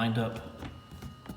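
Someone talks while a lined-up Basenor plastic air inlet grille cover for a Model 3 is handled and pushed down onto the car's cowl air inlet, with a couple of short, sharp handling sounds near the end. The clip ends before the cover goes home; nothing has seated or clicked yet.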